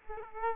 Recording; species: mosquito wingbeat signal from an infrared sensor; Aedes aegypti